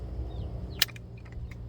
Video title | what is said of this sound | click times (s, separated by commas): #16 2015 GMC Canyon engine air filter change | and it's it locks in place until you push it you see locks in place so you push this button | 0.8 s